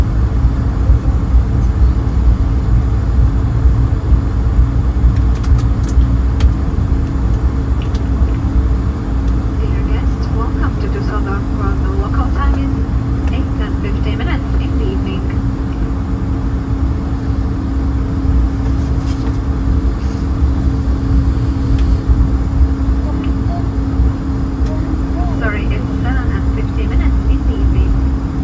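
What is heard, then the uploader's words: Steady, dense engine roar from an airliner cabin fills the whole stretch, heavy and low with a constant hum running through it. Voices come and go faintly above it, with scattered clinks and small knocks around the middle and again near the end. Airbus A220 London Heathrow to Düsseldorf (airBaltic).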